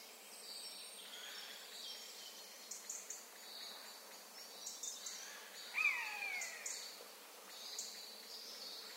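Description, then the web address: Eurasian jay making one downward-sliding mew late, among several brief high bird chips and a background insect hum. "SETE data Garrulus glandarius"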